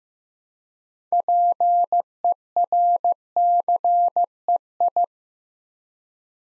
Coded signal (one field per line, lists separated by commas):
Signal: Morse code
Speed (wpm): 15 wpm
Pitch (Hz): 700 Hz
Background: none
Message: PERCEI